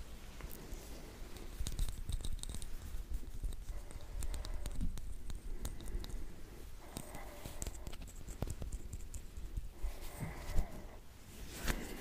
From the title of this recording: Brushing Your Face